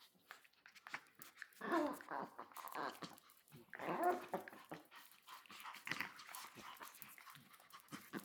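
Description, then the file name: Chihuahua growling in play, several rough growls with softer snarls and whimpers between. Dogs playing; recorded 20 May 2017. "20170520 Chihuahua Dogs Playing"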